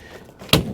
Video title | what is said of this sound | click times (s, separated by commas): B & W COMPANION 5TH Wheel Hitch Service - Bonus Footage! | Bam, locks into place. | 0.5 s